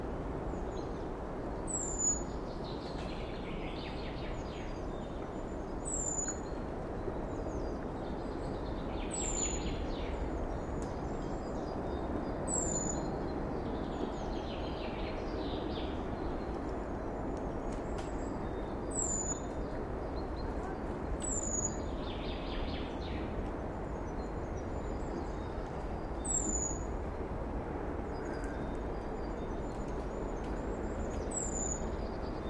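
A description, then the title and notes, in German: Birds call in a forest as it wakes, one high, thin note repeating roughly every two seconds throughout, with softer chirps and brief twitters scattered between. Underneath runs a steady low rumble and hiss that never lets up. Heute nehme ich Euch mit in ein Naturschutzgebiet im Schwarzwald. Die Vögel zum greifen nah, der Wald erwacht nach und nach.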